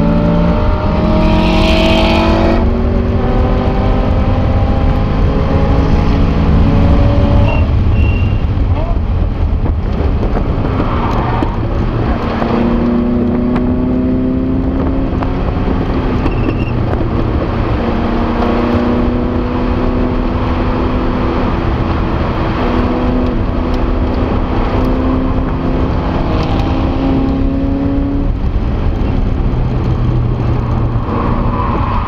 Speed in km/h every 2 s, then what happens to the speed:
173, 189, 204, 198, 145, 110, 113, 119, 106, 111, 104, 119, 127, 132, 116, 106.
0-5 speeds up to 204. 5-10 brakes to 110. 10-14 speeds up to 119. 14-16 brakes to 106. 16-21 steady at about 106. 21-27 speeds up to 132. 27-32 brakes to 106.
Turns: 8-26.